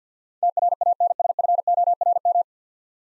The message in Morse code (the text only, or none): TRANSFORM